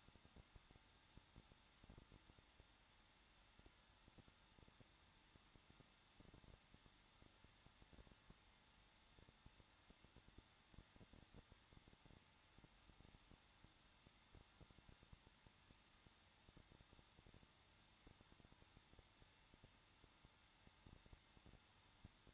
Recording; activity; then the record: daily activity, microphone in the room; no activity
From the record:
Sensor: 3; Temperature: 21.2 degrees Celsius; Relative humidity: 36.5%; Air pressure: 1006.4 hPa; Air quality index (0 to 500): 224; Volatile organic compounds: 44 ppm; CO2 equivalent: 3216 ppm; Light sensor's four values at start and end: 2/3/2/2 and 2/3/2/2